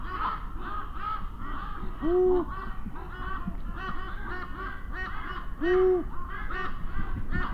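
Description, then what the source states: Canarian long-eared owl giving low, steady hoots, two about three and a half seconds apart, amid a constant chorus of raven calls. Canarian subspecies; male hooting inside a raven roost.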